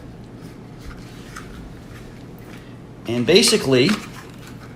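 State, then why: Not seated. A pistol is being handled next to a rigid kydex Glock holster with a retention strap, shown unloaded as a safe example, with faint low handling noise and a small tap at about 1.4 s. Someone talks briefly near the end. The pistol has not yet been pushed into the holster, and nothing has seated or clicked yet.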